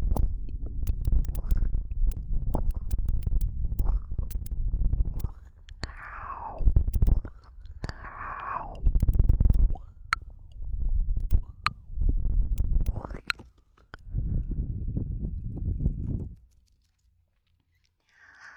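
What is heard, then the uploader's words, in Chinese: Ear cupping: muffled, rumbling suction sounds come in waves, with sharper squeaky pulls of air near 6, 8 and 13 seconds. Small clicks and taps are scattered throughout, and the sound cuts to near silence after about 16 seconds. 助眠‖耳朵拔罐儿。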